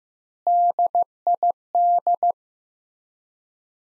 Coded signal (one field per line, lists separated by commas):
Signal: Morse code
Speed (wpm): 16 wpm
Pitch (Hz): 700 Hz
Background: none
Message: DID